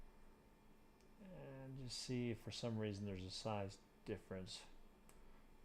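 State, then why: Seated. Someone talks while a plastic LEGO piece is turned upside down to check whether it fits better, then pressed onto a LEGO D&D set 21348 brick model. A short, faint snap sounds at 5.1 s as the piece seats in place.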